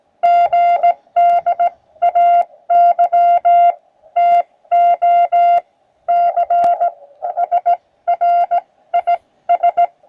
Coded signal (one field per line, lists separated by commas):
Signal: Morse code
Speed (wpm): 17 wpm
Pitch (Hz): 700 Hz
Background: none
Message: GDAY TO C SRIS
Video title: Ham Park Fun! @TheArtofEngineering